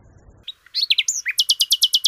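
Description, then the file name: Common nightingale song: a few sharp slurred notes followed by a fast, evenly spaced series of loud repeated chips; low rumble before the song begins. "kicauan nightingale. omkicau"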